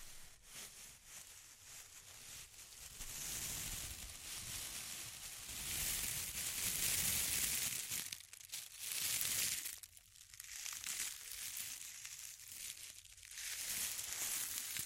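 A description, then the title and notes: Intense crinkling fills the clip with dense, bright crackles that swell after four seconds and dip briefly near eight and ten seconds. ASMR Intense Close-Up Crinkles (No Talking).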